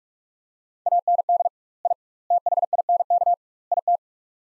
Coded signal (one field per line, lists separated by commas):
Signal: Morse code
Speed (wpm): 46 wpm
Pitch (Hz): 700 Hz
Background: none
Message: AND I THINK IT